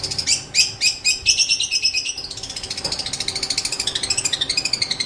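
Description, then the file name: Long-tailed shrike song opening with loud sharp chirps, then flowing into a long fast trill of high twittering notes that wavers up and down. Master song recording used for training songbirds; Indonesian name cendet. "cendet master. omkicau"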